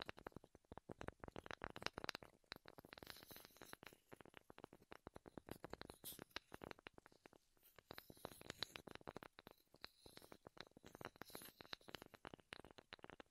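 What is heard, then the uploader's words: Wooden ASMR triggers: a dense run of quick taps, clicks and scratches that fills the whole stretch without pause. The sharp, crisp hits come irregularly and very fast, with a few louder knocks standing out, and only a faint hiss underneath. ASMR Wood Triggers in Your Ears (No Talking).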